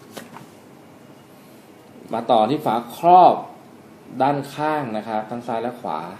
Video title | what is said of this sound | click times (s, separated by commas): Howto-ประกอบชุดสี Maxsym400 | ตัวนี้ต้องระวังนะครับใส่ให้เข้าล็อคนะครับ | 0.4 s